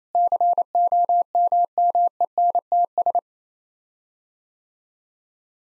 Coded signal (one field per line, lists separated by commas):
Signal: Morse code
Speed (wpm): 28 wpm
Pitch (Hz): 700 Hz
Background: none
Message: COMMENTS